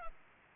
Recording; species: mosquito wingbeat signal from an infrared sensor; Culex pipiens